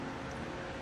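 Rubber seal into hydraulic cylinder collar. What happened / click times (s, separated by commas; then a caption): The seal is being worked in by hand and has not popped into place yet / none. A rubber seal is worked by hand into a hydraulic cylinder collar, with fingers pushing and moving around it. A steady, broad noise runs through the clip with no distinct clicks. Nothing has seated or popped into place yet.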